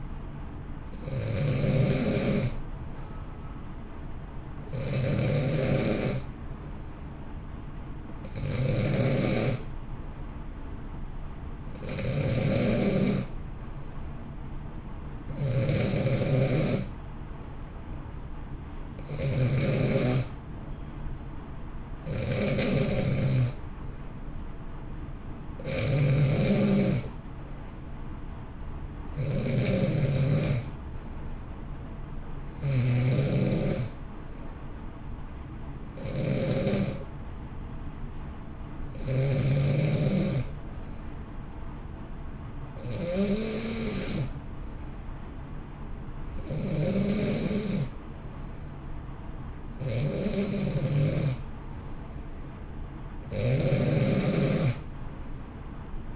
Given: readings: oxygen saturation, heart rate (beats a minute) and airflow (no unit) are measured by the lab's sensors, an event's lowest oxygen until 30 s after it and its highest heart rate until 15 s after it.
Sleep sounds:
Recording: breathing in sleep by a smartphone at the bedside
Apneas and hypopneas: none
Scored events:
none scored
From the record:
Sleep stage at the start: N2 (light sleep)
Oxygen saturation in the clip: 88 to 91%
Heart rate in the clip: 58 to 63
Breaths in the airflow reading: 16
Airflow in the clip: -0.9 to 1.3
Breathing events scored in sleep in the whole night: 328 in 6.3 hours asleep

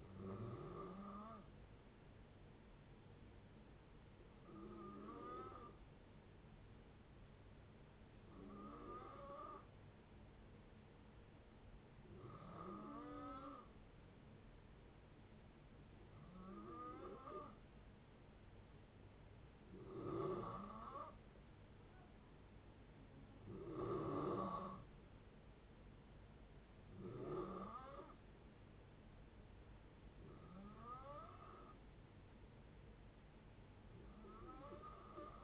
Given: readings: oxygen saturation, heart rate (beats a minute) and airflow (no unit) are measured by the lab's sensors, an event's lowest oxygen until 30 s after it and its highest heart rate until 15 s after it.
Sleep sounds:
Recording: breathing in sleep by a voice recorder at the bedside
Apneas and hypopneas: 1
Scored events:
6.00-22.30 s: hypopnea (N2, oxygen 94% highest, then 90% lowest, heart rate 62 at the start, 63 highest)
From the record:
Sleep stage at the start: N2 (light sleep)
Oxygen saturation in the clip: 90 to 94%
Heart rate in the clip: 59 to 63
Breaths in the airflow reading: 9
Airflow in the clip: -6.1 to 4.9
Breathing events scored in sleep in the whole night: 496 in 5.4 hours asleep

